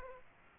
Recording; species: mosquito wingbeat signal from an infrared sensor; Aedes aegypti